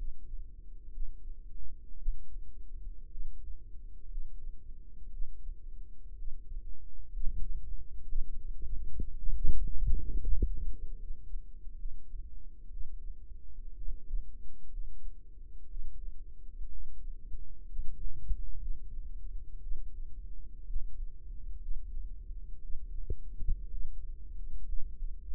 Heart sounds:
heart sounds by microphone in the right ear; 61 bpm
0.90 s: heartbeat
1.97 s: heartbeat
3.08 s: heartbeat
4.08 s: heartbeat
5.10 s: heartbeat
6.15 s: heartbeat
7.11 s: heartbeat
8.06 s: heartbeat
9.15 s: heartbeat
10.14 s: heartbeat
10.97 s: heartbeat
11.75 s: heartbeat
12.69 s: heartbeat
13.75 s: heartbeat
14.70 s: heartbeat
15.68 s: heartbeat
16.69 s: heartbeat
17.67 s: heartbeat
18.58 s: heartbeat
19.59 s: heartbeat
20.64 s: heartbeat
21.59 s: heartbeat
22.60 s: heartbeat
23.68 s: heartbeat
24.65 s: heartbeat
From the record:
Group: healthy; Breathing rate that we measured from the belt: 18 breaths a minute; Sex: female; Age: 28 years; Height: 170 cm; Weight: 77 kg

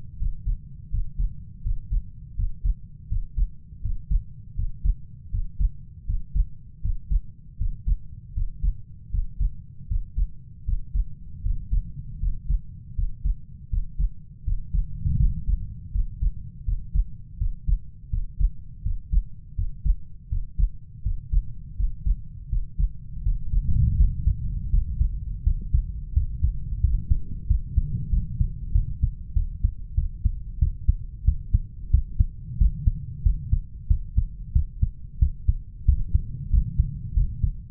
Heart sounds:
heart sounds by stethoscope; 84 bpm
0.20 s: heartbeat
0.92 s: heartbeat
1.65 s: heartbeat
2.37 s: heartbeat
3.10 s: heartbeat
3.83 s: heartbeat
4.57 s: heartbeat
5.33 s: heartbeat
6.08 s: heartbeat
6.83 s: heartbeat
7.59 s: heartbeat
8.36 s: heartbeat
9.13 s: heartbeat
9.90 s: heartbeat
10.67 s: heartbeat
11.44 s: heartbeat
12.22 s: heartbeat
12.97 s: heartbeat
13.72 s: heartbeat
14.46 s: heartbeat
15.20 s: heartbeat
15.94 s: heartbeat
16.67 s: heartbeat
17.40 s: heartbeat
18.12 s: heartbeat
18.85 s: heartbeat
19.57 s: heartbeat
20.31 s: heartbeat
21.05 s: heartbeat
21.78 s: heartbeat
22.51 s: heartbeat
23.25 s: heartbeat
23.98 s: heartbeat
24.72 s: heartbeat
25.45 s: heartbeat
26.15 s: heartbeat
26.83 s: heartbeat
27.49 s: heartbeat
28.12 s: heartbeat
28.74 s: heartbeat
29.35 s: heartbeat
29.97 s: heartbeat
30.61 s: heartbeat
31.27 s: heartbeat
31.93 s: heartbeat
32.60 s: heartbeat
33.25 s: heartbeat
33.90 s: heartbeat
34.55 s: heartbeat
35.21 s: heartbeat
35.87 s: heartbeat
36.52 s: heartbeat
37.16 s: heartbeat
From the record:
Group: healthy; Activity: breath hold 0-22 s, rest 22-38 s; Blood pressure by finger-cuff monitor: 147/91 mmHg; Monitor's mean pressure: 106 mmHg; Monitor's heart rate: 82 bpm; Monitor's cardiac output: 6.4 L/min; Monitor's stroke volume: 79 mL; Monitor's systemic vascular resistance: 1250 dyn s/cm5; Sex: male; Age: 21 years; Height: 175 cm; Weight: 72.6 kg

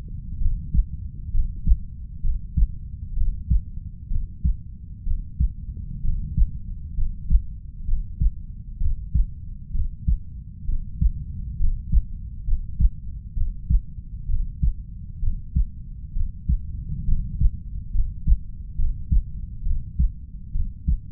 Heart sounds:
heart sounds by stethoscope; 66 bpm
0.38 s: heartbeat
1.30 s: heartbeat
2.20 s: heartbeat
3.13 s: heartbeat
4.07 s: heartbeat
5.03 s: heartbeat
6.00 s: heartbeat
6.94 s: heartbeat
7.84 s: heartbeat
8.77 s: heartbeat
9.71 s: heartbeat
10.65 s: heartbeat
11.56 s: heartbeat
12.44 s: heartbeat
13.33 s: heartbeat
14.26 s: heartbeat
15.19 s: heartbeat
16.12 s: heartbeat
17.04 s: heartbeat
17.91 s: heartbeat
18.75 s: heartbeat
19.62 s: heartbeat
20.51 s: heartbeat
From the record:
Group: healthy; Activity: rest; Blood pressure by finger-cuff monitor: 115/59 mmHg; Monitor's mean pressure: 74 mmHg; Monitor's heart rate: 65 bpm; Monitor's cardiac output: 5.5 L/min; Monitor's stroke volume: 85 mL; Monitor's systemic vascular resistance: 980 dyn s/cm5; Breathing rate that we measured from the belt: 11 breaths a minute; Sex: female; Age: 32 years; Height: 168 cm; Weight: 61.9 kg

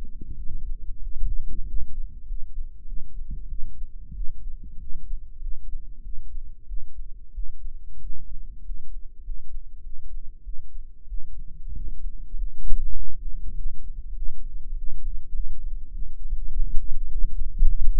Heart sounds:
heart sounds by microphone in the right ear; 97 bpm
0.34 s: heartbeat
0.99 s: heartbeat
1.63 s: heartbeat
2.24 s: heartbeat
2.84 s: heartbeat
3.47 s: heartbeat
4.13 s: heartbeat
4.77 s: heartbeat
5.39 s: heartbeat
6.01 s: heartbeat
6.65 s: heartbeat
7.32 s: heartbeat
7.99 s: heartbeat
8.61 s: heartbeat
9.22 s: heartbeat
9.81 s: heartbeat
10.42 s: heartbeat
11.06 s: heartbeat
11.71 s: heartbeat
12.34 s: heartbeat
12.94 s: heartbeat
13.54 s: heartbeat
14.14 s: heartbeat
14.73 s: heartbeat
15.31 s: heartbeat
15.89 s: heartbeat
16.48 s: heartbeat
17.06 s: heartbeat
17.63 s: heartbeat
From the record:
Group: healthy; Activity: rest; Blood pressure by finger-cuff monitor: 126/87 mmHg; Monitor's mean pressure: 99 mmHg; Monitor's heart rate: 97 bpm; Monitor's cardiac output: 6.8 L/min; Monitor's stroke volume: 71 mL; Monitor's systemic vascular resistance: 1070 dyn s/cm5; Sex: male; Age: 21 years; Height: 180 cm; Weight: 67.5 kg

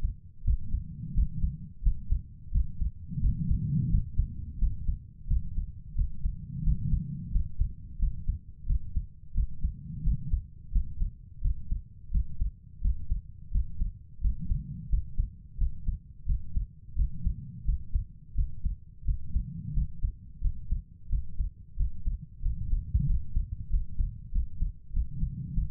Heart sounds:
heart sounds by stethoscope; 88 bpm
0.44 s: heartbeat
1.13 s: heartbeat
1.82 s: heartbeat
2.51 s: heartbeat
3.20 s: heartbeat
3.89 s: heartbeat
4.58 s: heartbeat
5.27 s: heartbeat
5.94 s: heartbeat
6.62 s: heartbeat
7.31 s: heartbeat
7.98 s: heartbeat
8.65 s: heartbeat
9.33 s: heartbeat
10.02 s: heartbeat
10.71 s: heartbeat
11.40 s: heartbeat
12.10 s: heartbeat
12.80 s: heartbeat
13.50 s: heartbeat
14.20 s: heartbeat
14.88 s: heartbeat
15.57 s: heartbeat
16.25 s: heartbeat
16.94 s: heartbeat
17.64 s: heartbeat
18.34 s: heartbeat
19.04 s: heartbeat
19.72 s: heartbeat
20.40 s: heartbeat
21.08 s: heartbeat
21.75 s: heartbeat
22.41 s: heartbeat
23.05 s: heartbeat
23.69 s: heartbeat
24.31 s: heartbeat
24.92 s: heartbeat
25.53 s: heartbeat
From the record:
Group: healthy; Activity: rest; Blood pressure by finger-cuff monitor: 113/65 mmHg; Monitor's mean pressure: 82 mmHg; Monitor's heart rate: 88 bpm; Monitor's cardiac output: 7.4 L/min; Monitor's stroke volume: 84 mL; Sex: female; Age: 32 years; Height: 172 cm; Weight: 71.7 kg

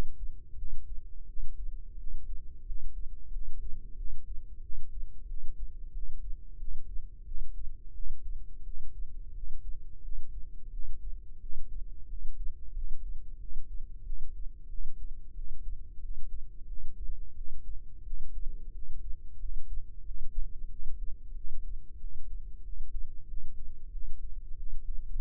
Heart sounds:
heart sounds by microphone in the left ear; 90 bpm
0.55 s: heartbeat
1.25 s: heartbeat
1.96 s: heartbeat
2.64 s: heartbeat
3.30 s: heartbeat
3.95 s: heartbeat
4.60 s: heartbeat
5.26 s: heartbeat
5.91 s: heartbeat
6.56 s: heartbeat
7.24 s: heartbeat
7.92 s: heartbeat
8.62 s: heartbeat
9.32 s: heartbeat
10.00 s: heartbeat
10.69 s: heartbeat
11.38 s: heartbeat
12.07 s: heartbeat
12.72 s: heartbeat
13.37 s: heartbeat
14.02 s: heartbeat
14.67 s: heartbeat
15.33 s: heartbeat
15.99 s: heartbeat
16.65 s: heartbeat
17.33 s: heartbeat
18.02 s: heartbeat
18.71 s: heartbeat
19.37 s: heartbeat
20.03 s: heartbeat
20.68 s: heartbeat
21.33 s: heartbeat
21.98 s: heartbeat
22.62 s: heartbeat
23.26 s: heartbeat
23.90 s: heartbeat
24.55 s: heartbeat
From the record:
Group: healthy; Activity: rest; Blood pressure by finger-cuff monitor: 102/73 mmHg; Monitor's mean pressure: 82 mmHg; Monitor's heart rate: 89 bpm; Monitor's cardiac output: 6.9 L/min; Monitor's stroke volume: 78 mL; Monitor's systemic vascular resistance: 860 dyn s/cm5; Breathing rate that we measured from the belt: 18 breaths a minute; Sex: male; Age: 19 years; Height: 178 cm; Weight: 83 kg

